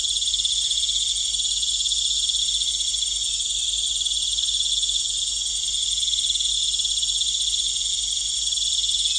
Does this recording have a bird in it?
no